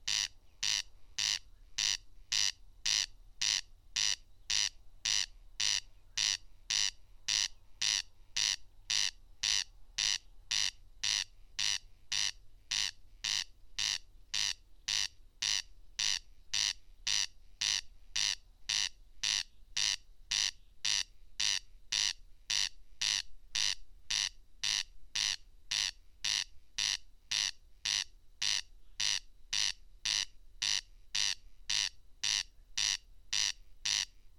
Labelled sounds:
Corn Crake (Crex crex) song

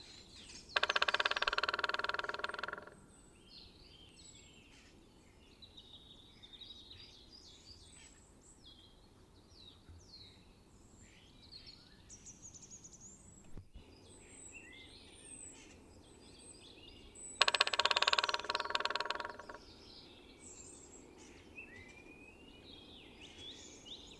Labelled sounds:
Black Woodpecker (Dryocopus martius) call

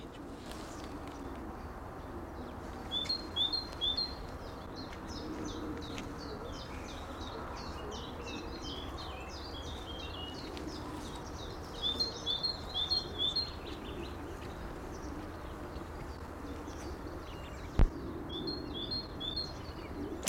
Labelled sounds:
Great Tit (Parus major)

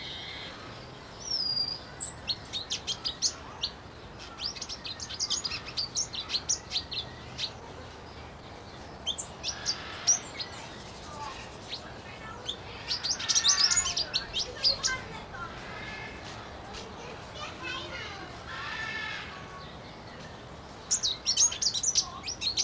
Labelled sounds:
Pin-tailed Whydah (Vidua macroura)

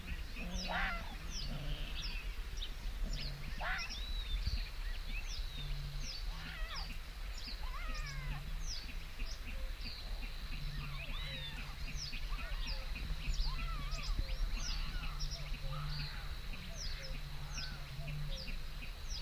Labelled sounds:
Red Fox (Vulpes vulpes)

